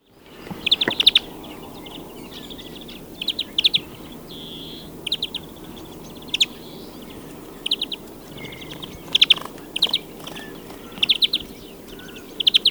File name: Chloris chloris